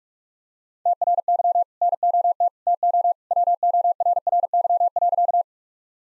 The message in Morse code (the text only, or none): TRY NOT TO WORRY.